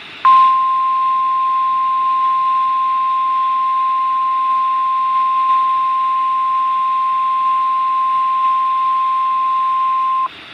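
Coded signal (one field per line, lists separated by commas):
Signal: Emergency Alert System (SAME) tones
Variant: 1050 Hz attention tone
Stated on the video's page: Required weekly test from the Sterling office, received from NOAA weather radio transmitter KZZ28 and recorded on a Samsung Galaxy S III phone.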